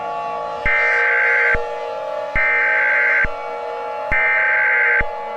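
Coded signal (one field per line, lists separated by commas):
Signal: Emergency Alert System (SAME) tones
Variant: header bursts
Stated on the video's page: Fictional nuclear meltdown alert scenario.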